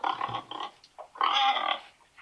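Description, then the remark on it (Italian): Pigs grunt and snuffle in a few rough bursts, a cluster of low, nasal grunts followed by a longer, louder squealing grunt with a raspy, harmonic tone. “I maiali.”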